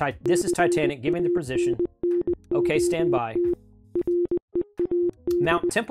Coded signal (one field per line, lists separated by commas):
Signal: Morse code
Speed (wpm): 20 wpm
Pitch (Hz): 350 Hz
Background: speech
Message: CANNOT READ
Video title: SOS from the TITANIC! Morse Code (CW) Log from 1912